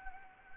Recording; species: mosquito wingbeat signal from an infrared sensor; Anopheles gambiae